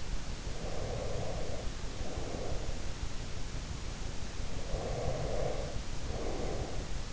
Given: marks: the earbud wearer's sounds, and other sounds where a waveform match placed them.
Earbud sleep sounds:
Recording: sounds in sleep by an in-ear microphone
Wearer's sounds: breath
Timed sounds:
0.25-3.35 s: breath
4.46-7.13 s: breath

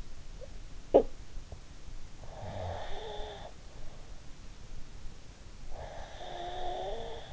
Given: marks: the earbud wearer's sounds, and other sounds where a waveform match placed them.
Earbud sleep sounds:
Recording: sounds in sleep by an in-ear microphone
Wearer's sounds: talking in sleep, snoring breath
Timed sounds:
0.63-1.57 s: talking in sleep
2.24-3.57 s: snoring breath
5.63-7.33 s: snoring breath

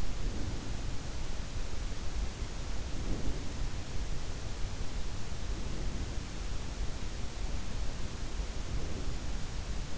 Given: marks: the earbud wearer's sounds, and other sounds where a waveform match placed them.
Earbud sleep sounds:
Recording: sounds in sleep by an in-ear microphone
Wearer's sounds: breath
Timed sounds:
0.00-0.99 s: breath
2.77-3.77 s: breath
5.40-6.66 s: breath
8.41-9.70 s: breath

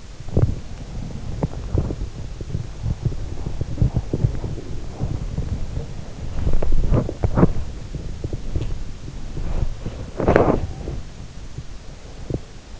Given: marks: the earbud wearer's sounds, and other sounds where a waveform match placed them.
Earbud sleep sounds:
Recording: sounds in sleep by an in-ear microphone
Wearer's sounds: body movement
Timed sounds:
0.00-12.79 s: body movement

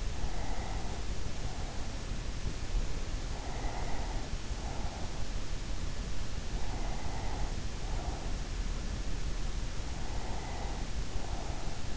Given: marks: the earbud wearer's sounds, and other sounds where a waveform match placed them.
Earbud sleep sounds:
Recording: sounds in sleep by an in-ear microphone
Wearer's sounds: breath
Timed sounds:
0.00-2.14 s: breath
3.23-5.57 s: breath
6.37-8.71 s: breath
10.00-11.97 s: breath

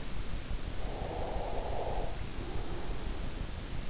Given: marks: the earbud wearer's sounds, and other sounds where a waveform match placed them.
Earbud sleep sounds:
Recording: sounds in sleep by an in-ear microphone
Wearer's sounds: breath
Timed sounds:
0.59-3.65 s: breath

